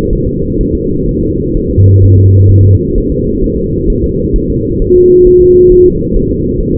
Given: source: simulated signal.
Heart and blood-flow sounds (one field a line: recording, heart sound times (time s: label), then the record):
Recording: fetal heart sounds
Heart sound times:
0.13 s: S1
0.27 s: S2
0.61 s: S1
0.75 s: S2
1.09 s: S1
1.23 s: S2
1.57 s: S1
1.71 s: S2
2.05 s: S1
2.19 s: S2
2.52 s: S1
2.66 s: S2
2.98 s: S1
3.12 s: S2
3.44 s: S1
3.58 s: S2
3.90 s: S1
4.04 s: S2
4.36 s: S1
4.50 s: S2
4.82 s: S1
4.96 s: S2
5.27 s: S1
5.41 s: S2
5.72 s: S1
5.86 s: S2
6.16 s: S1
6.31 s: S2
6.61 s: S1
6.75 s: S2
From the record:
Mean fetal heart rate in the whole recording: 130 bpm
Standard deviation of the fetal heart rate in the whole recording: 4 bpm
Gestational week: 38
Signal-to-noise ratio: -14.7 dB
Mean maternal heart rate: 72 bpm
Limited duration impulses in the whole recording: present